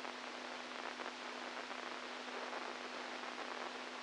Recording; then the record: brain microelectrode recording played as sound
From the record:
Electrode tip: inside the subthalamic nucleus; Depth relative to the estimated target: -1 mm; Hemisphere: right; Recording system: NeuroSet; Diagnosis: Parkinson's disease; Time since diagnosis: 10 years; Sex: male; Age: 65 years